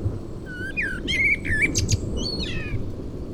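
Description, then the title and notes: Common Blackbird delivering one full phrase: mellow whistled notes rising into sharp high twittering, with continuous low rumbling underneath. Recorded in June 1999 at Massignieu-de-Rives, France, during a thunderstorm; Tascam DAP-1 recorder with Télingua microphone, edited in Samplitude 5.1. "21 Route du Mollard, 01300 Massignieu-de-Rives, France - juin 1999 orage et merle. Merle et orage, puis grillons"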